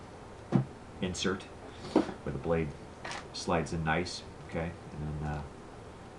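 A large knife is handled near its sheath, which has a plastic insert the blade slides into, while someone talks throughout. A short, faint sound is heard at about 6.2 s, right at the end. The blade has not yet snapped into place, and nothing has seated or clicked.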